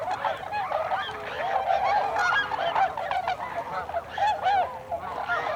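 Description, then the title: Tundra swans in a calling flock, many overlapping bugling hoots, some rising and falling, forming a steady unbroken chorus. Recorded 26 December 2020. "2020 12 26 Tundra Swans"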